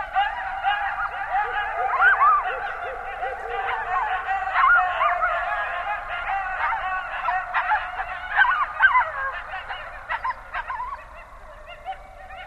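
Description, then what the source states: Coyote chorus of quick yips and warbling, bending howls from several animals, easing off toward the end. Several coyotes, 20 January 2012.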